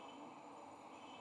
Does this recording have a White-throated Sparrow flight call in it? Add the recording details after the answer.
no. No flight call is heard. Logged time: 02:30 on 15 November 2014